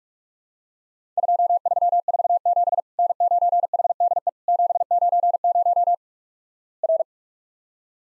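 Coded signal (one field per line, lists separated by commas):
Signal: Morse code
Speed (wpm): 44 wpm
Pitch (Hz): 700 Hz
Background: none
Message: 2347 N9HDE 790 R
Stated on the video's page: Practice recreation of Worked All Europe DX Contest CW QTC exchanges at 45 wpm, each sent in Morse, spoken, then repeated.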